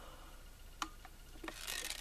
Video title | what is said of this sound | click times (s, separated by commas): Kid Connection SHARK EXPLORATION PLAY SET WORKS IN WATER TOY REVIEW! | oh wow hold on i don't think i clicked and click it in all the way | none